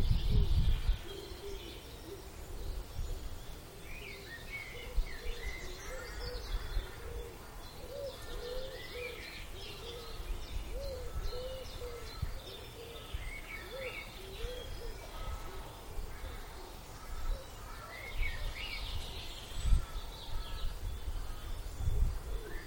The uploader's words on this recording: Extended recording of the dawn chorus from a Wiltshire village. Deep in a Wiltshire vale, the comforting tang of woodsmoke hangs over a slumbering village. It's 5am and still dark but a magical chorus of blackbirds, robins, dunnocks and great tits greets the coming dawn. Recorded by Tanya Jackson.